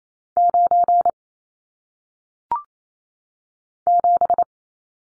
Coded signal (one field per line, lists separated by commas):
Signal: Morse code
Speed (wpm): 28 wpm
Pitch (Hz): 700 Hz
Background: none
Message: 9 7